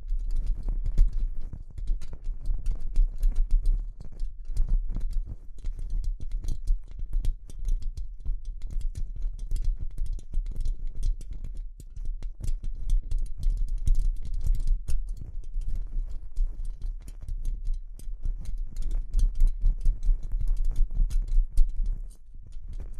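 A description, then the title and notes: Delicate tapping in quick, irregular clusters of light clicks that continue almost without pause for the whole clip. Each tap is soft and crisp, sounding a little like typing or patter. A low, steady rumble sits underneath throughout, with a brief lull near twelve seconds. ASMR Delicate Tapping (No Talking).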